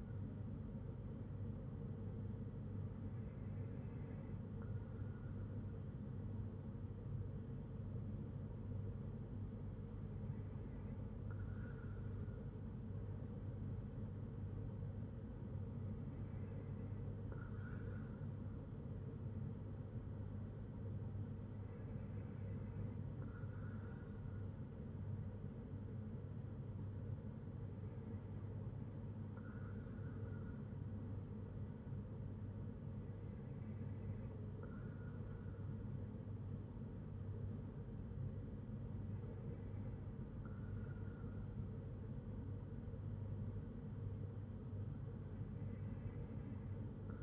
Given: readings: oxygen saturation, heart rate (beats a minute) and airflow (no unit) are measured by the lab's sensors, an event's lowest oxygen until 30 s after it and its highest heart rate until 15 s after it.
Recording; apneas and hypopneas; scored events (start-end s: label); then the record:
breathing in sleep by a smartphone at the bedside; none
none scored
From the record:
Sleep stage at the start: N2 (light sleep); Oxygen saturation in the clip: 94 to 95%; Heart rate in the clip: 60 to 63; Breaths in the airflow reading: 7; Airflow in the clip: -4.7 to 4.1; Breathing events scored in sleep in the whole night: 182 in 7.4 hours asleep